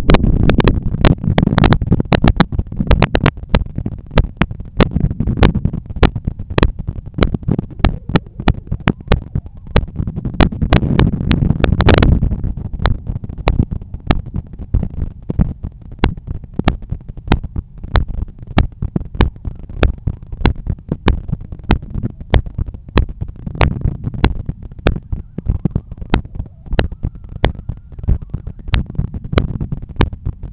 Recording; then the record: heart sounds by stethoscope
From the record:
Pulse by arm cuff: 92 bpm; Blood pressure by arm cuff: 129/82 mmHg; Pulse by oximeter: 92 bpm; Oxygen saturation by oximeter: 97%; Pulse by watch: 93 bpm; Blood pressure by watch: 121/79 mmHg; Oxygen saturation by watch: 96%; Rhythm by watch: sinus rhythm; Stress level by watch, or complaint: low stress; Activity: after 5 min smoking and 1 beer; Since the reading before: plus 1000 steps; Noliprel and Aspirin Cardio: after pills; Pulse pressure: 47 mmHg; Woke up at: 7:50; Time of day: 15:08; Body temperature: 36.3 C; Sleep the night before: 7 h 52 min, score 75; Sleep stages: REM 24%, light 55%, deep 12%, awake 9%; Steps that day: 9500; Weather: sunny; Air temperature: 22.6 C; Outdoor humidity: 59%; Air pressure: 1013 hPa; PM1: 4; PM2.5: 7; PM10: 8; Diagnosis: hypertension, treated with Noliprel and Aspirin Cardio 100 mg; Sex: male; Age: 53 years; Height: 174 cm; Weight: 81 kg